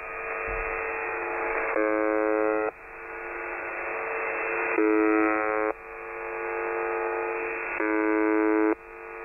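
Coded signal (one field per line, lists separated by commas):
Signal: channel marker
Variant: UVB-76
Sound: three harsh one-second buzzes, roughly every three seconds, with hiss between them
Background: radio static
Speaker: The buzzer is located at 4625 kHz. And before we talk about it, let's listen to it first.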